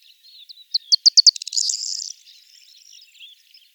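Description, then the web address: Corn bunting singing once: several separate ticking notes speed up and break into a short, high, jingling rattle like shaken keys, then fade. "corn bunting bird call"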